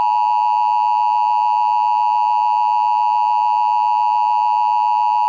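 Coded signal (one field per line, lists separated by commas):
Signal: Emergency Alert System (SAME) tones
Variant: 853 and 960 Hz attention tone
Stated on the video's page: Fictional EAS scenario, not a real alert.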